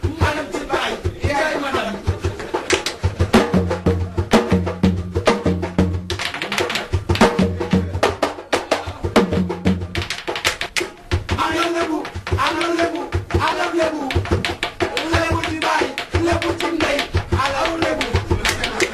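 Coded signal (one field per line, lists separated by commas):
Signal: talking drum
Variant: Wolof sabar drum language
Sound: two drummers playing rapid sharp sabar strokes in dense speech-like rhythmic phrases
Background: small room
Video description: On the Grammar of a Senegalese Drum Language: Yoad Winter Supporting Materials Clip 1: Two Lebou Wolof griots playing a praise song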